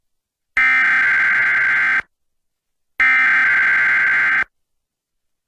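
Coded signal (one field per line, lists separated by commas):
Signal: Emergency Alert System (SAME) tones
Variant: header bursts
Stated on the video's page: Required Monthly Test, in a radio station's version of a regional Required Monthly Test.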